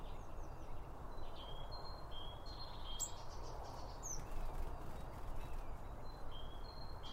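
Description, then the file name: Birds chirping with brief high whistled notes, scattered and overlapping, against constant low-pitched background noise. Several birds around a bird feeder, recorded with two Line Audio OM1 microphones. "Birds Around Birdfeeding With Two Om 1 From Line Audio"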